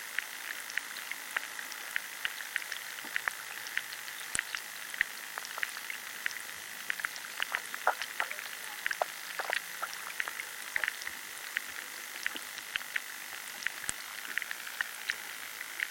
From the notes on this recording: The mysterious sounds of underwater life, here recorded in a chalk river in southern England